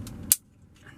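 On a 2017 Toyota RAV4 (4th gen), the rear window switch trim piece is lined up and worked into the door panel until its clip clicks in. Over low rumbling handling noise, a single sharp, bright snap comes at 0.3 s, followed by near-silence with faint rustling. The trim clip is seated.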